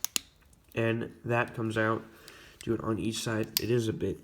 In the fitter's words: them into the back you're gonna hear a clicking sound